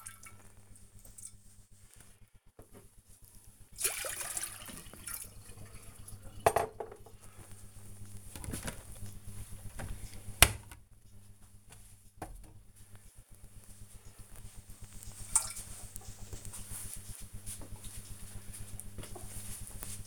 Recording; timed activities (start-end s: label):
household activities, microphone on the right wrist
0.00-20.07 s: making tea